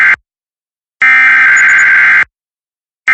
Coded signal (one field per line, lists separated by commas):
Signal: Emergency Alert System (SAME) tones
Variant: header bursts